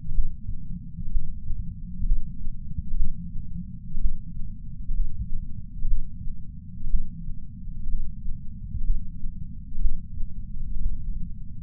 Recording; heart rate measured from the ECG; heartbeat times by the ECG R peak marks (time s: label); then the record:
heart sounds by patch sensor on the chest; 62 bpm
0.14 s: heartbeat
1.11 s: heartbeat
2.05 s: heartbeat
2.96 s: heartbeat
4.00 s: heartbeat
4.93 s: heartbeat
5.87 s: heartbeat
6.89 s: heartbeat
7.88 s: heartbeat
8.83 s: heartbeat
9.80 s: heartbeat
10.80 s: heartbeat
From the record:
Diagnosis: coronary artery disease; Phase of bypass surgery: preoperative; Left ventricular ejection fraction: 60.1%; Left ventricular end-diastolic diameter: 44 mm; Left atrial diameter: 36 mm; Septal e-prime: 5.8 cm/s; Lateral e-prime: 7 cm/s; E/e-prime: 8.9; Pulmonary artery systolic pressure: 24 mmHg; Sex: male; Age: 73 years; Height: 168 cm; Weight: 62 kg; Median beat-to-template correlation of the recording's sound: 0.94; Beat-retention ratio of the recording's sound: 0.98